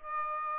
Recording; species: mosquito wingbeat signal from an infrared sensor; Aedes aegypti